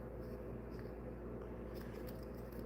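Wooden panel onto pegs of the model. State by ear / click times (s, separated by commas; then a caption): not seated / none. A wooden panel of a 3D wooden puzzle model of the Old Town Saloon is laid on top over the model's pegs and pushed down in the hope it snaps in. Only a steady low hum with faint scraping is heard, plus one small soft knock at 0.8 s. Nothing has seated or clicked; the panel fails to snap in, so the joint has to be filed.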